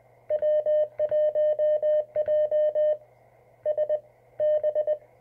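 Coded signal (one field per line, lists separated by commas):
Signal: Morse code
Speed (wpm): 20 wpm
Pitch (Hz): 610 Hz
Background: none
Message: W1JSB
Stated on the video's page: MTR 3B QRP transceiver, RadioSet-GO conversion.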